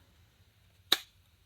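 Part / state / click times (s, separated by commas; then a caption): fixed-blade knife into kydex sheath / seated / 0.9 s. A SOG Demo fixed-blade knife is pushed into its kydex sheath to show retention. After a quiet stretch with a faint low hum, a single crisp, bright click sounds at 0.9 s and fades quickly. The knife is seated in the sheath.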